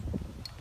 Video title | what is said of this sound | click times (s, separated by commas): VEVOR Portable Folding Aluminum Mini Bike with 8 Inch Wheels Review | buttons right here on this side on the front post they popped out but | 0.5 s